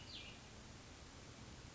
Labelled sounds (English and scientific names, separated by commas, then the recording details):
Cassin's Vireo (Vireo cassinii)
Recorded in Sonoma County, California